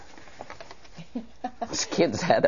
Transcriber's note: laughs